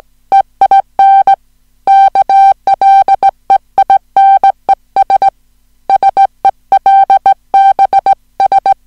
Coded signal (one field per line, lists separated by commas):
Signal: Morse code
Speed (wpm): 17 wpm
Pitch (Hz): 780 Hz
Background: music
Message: EIN KLEINES SELBS